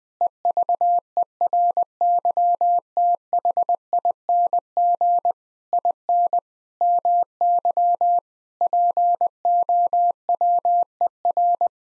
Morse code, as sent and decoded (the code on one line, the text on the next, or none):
. ...- . .-. -.-- - .... .. -. --. / .. -. / -- -.-- / .--. --- .-- . .-.
EVERYTHING IN MY POWER